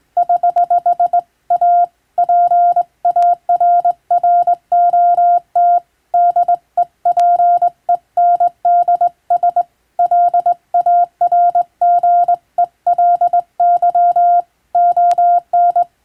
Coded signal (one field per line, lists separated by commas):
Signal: Morse code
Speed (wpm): 21 wpm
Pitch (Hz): 700 Hz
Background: none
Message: <HH> A PARROT DEPENDS LARGELY ON